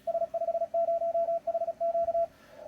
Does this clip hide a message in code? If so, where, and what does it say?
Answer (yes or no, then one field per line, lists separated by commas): yes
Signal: Morse code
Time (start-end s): 0.1-2.2 s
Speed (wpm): 36 wpm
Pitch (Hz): 670 Hz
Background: none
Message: S50HQ